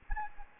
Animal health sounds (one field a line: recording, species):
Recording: mosquito wingbeat signal from an infrared sensor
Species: Anopheles gambiae